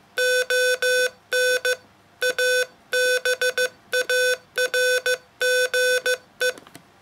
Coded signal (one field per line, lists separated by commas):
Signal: Morse code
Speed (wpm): 15 wpm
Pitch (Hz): 500 Hz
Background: none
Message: ON A BARGE